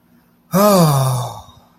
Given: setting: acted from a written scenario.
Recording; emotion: vocal sound without words; ecstasy